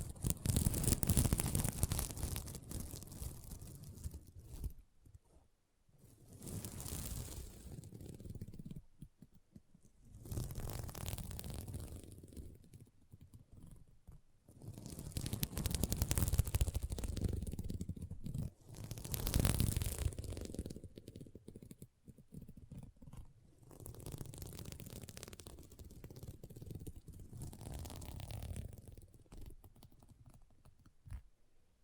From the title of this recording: SequinMermaid Pillow Scratching Sounds